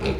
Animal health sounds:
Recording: contact call of a hoofed animal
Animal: pig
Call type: closed-mouth grunt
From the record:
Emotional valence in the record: positive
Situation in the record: food and toys in familiar pen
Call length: 0.20 s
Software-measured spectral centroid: 1870 Hz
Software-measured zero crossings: 1310 a second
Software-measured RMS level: -25 dBFS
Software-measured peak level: -12 dBFS

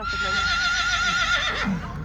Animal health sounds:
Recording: contact call of a hoofed animal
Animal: Przewalski's horse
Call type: whinny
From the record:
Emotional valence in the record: negative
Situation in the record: group separation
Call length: 2.1 s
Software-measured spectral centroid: 2780 Hz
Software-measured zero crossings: 3320 a second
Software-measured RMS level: -24 dBFS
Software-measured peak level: -11 dBFS

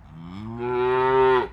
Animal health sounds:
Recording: contact call of a hoofed animal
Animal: cattle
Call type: low-frequency (closed-mouth) or high-frequency (open-mouth) call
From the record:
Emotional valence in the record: negative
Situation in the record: full separation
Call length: 1.52 s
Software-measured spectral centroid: 1270 Hz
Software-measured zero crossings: 960 a second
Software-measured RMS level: -22 dBFS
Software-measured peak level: -9 dBFS

